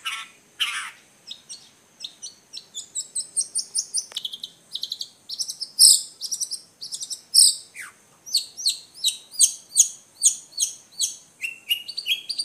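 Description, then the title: Long-tailed shrike singing a long, varied stream of high chirps, trills and quick twittering notes, with a brief downward slur partway through. Combination song. "Kicau Pentet Kombinasi"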